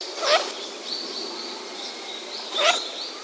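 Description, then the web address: Eurasian teal calls: two short sharp harmonic notes about two seconds apart, with thin high whistles from other birds between them. Recorded 13 November 2022. "birdenaga kogamo 131122"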